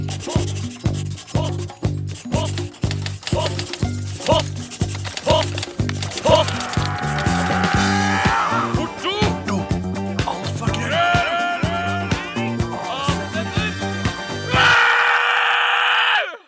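The uncensored jingle for Radioresepsjonen's mailbag segment on NRK P3: a short radio jingle with a steady, pulsing bass beat and bright layered tones above, building into warbling, swooping high sounds and ending on a loud sustained chord. No speech.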